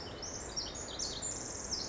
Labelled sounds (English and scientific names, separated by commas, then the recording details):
Pacific Wren (Troglodytes pacificus)
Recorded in Sonoma County, California